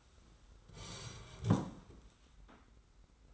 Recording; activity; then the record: daily activity, microphone in the room; sit down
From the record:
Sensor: 3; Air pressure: 991.6 hPa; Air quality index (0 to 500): 178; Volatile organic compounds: 1000 ppm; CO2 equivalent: 5925 ppm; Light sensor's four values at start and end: 36/102/42/36 and 37/105/43/37